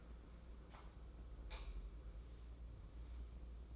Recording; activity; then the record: daily activity, microphone in the room; light on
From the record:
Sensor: 1